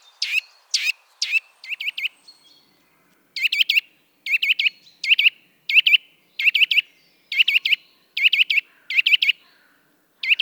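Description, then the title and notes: Eurasian nuthatch giving loud, ringing notes in short groups of two or three, with short pauses between groups. Resident bird becoming vocal during mild winter weather after being discreet; contact calls followed by song in sequence; species commonly found in forests, parks and small woods. "Sonothèque naturophonia. La Sittelle torche-pot (Sitta europaea)"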